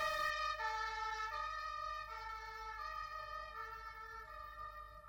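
An ambulance siren in a 1985 Mosfilm film wails with steady, high harmonic tones as the ambulance races along a street, stepping between pitches as it moves away, its loudness gradually fading over several seconds with no voices.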